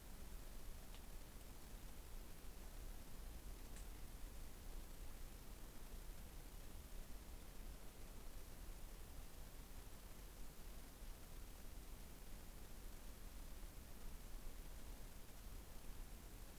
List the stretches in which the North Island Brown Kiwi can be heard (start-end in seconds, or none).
none